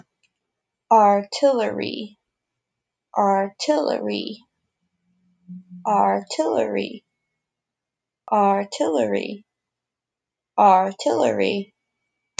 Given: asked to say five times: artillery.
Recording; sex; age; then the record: repeated word; female; 20 to 29 years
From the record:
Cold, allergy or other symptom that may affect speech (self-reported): no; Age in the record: 25 years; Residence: Massachusetts, United States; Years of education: 12